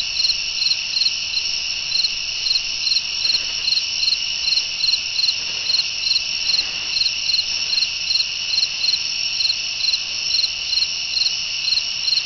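Cricket chirping: short high pulsed chirps repeated steadily over a constant high-pitched insect hum, with no other clear sounds.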